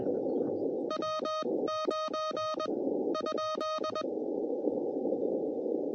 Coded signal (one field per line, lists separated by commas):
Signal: Morse code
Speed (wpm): 21 wpm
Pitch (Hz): 1250 Hz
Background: none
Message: W9 ?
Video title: CW POTA US-11644